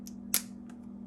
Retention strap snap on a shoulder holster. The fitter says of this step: pops open and it releases the firearm.